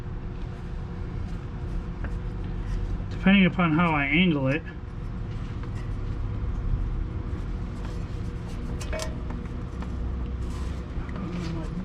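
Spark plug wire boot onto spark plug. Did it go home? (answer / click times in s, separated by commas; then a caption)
no / none. A spark plug wire boot is pushed onto a spark plug near the header at different angles, and it does not click into place, so nothing has seated. Someone talks over a steady low hum, with a wavering tonal sound from about 3.2 to 4.6 s and faint short knocks near 2.0, 5.6, 8.8 to 9.3 and 11.1 s.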